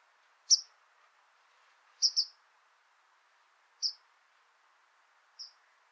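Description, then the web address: White wagtail calls: short, sharp high chirps, one given as a quick double note, spaced irregularly every one to two seconds over a steady low background hiss. "cianscape birddata Deverinetal 2025"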